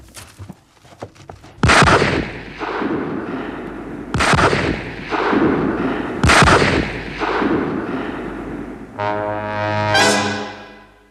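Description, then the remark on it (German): Three loud rifle shots ring out at night a couple of seconds apart, each a sharp crack trailing into a long rumbling echo, followed by a rising, humming whine at the end. “Drei Schüsse in der Nacht.”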